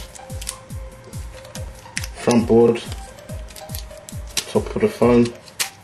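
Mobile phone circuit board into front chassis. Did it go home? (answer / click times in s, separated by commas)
no / none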